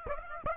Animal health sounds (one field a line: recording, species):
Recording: mosquito wingbeat signal from an infrared sensor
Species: Aedes aegypti